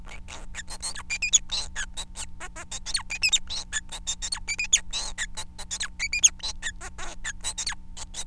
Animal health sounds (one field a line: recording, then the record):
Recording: song of a male Bengalese finch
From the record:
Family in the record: son of father 4